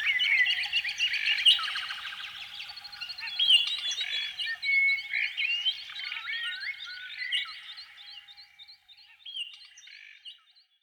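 Canary song with rich warbling phrases and rolled trills, ending in a series of evenly repeated chirps that fade away.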